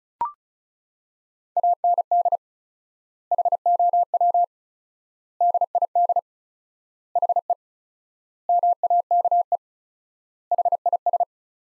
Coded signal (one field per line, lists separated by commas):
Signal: Morse code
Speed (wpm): 34 wpm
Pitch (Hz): 700 Hz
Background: none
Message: AND HOW DID HE MAKE HIS